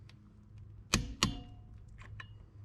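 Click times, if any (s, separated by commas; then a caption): 0.9 s, 1.2 s. A torque wrench is pulled on a lug nut of a Flagstaff E-Pro E20BHS camper's trailer wheel, and the nut turns a little before the wrench reaches its setting. It gives a loud double click at 0.9 s and 1.2 s, with faint ticks before and after, confirming the nut is torqued.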